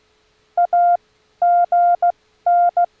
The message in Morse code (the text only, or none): AGN